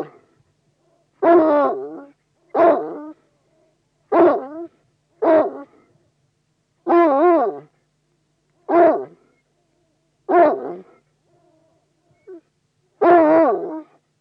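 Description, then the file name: Bloodhound barking: several deep, rough barks with pauses between them, and a faint short yip near the end. "Digiffects Sound Effects Library - Bloodhound Dog Barks"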